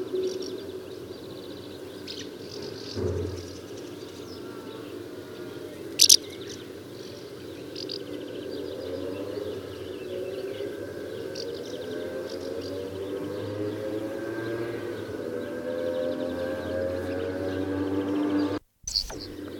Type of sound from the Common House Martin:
call